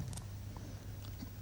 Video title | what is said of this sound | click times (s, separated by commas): Assembler et Entretenir son PC | une fois que le levier a été bien pressé il vient se clipser dans un autre ergot et là le ventirad est fixé solidement | 0.2 s